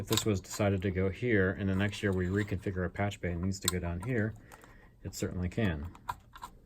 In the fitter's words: snaps into place and of course to get it out instead